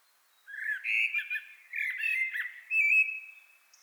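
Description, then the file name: Common blackbird uttering three loud harsh chattering bursts, each mixing squeaky and rasping notes, the last ending in a drawn-out level whistle. "Turdus merula"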